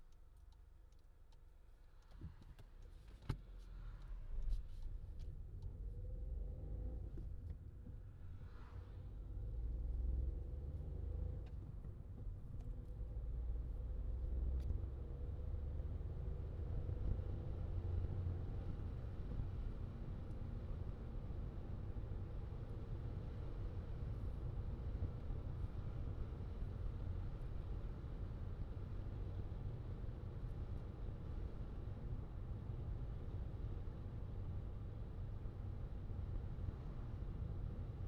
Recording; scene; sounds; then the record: everyday scene through a hearing-aid microphone; in a vehicle; engine, traffic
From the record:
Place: Skoda Fabia, gasoline engine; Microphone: in the ear canal, left